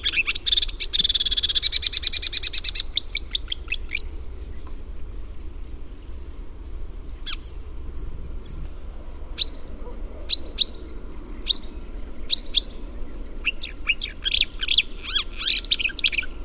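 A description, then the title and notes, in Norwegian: A sedge warbler sings a busy, varied song: a buzzy rattling trill in the first three seconds, then scattered high chirps, a run of sharp piercing notes around ten to thirteen seconds, and a dense chattering burst near the end. A steady low rumble runs underneath. Lyden av en myrsanger by forskningno.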